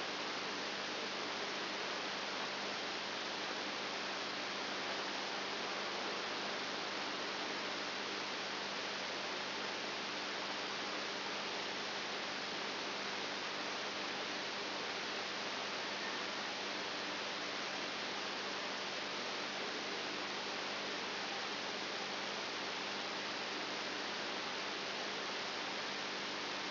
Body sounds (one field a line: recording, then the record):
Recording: brain microelectrode recording played as sound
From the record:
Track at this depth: outside the subthalamic nucleus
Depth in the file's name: 6.9 mm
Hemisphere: right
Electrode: 2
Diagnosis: Parkinson's disease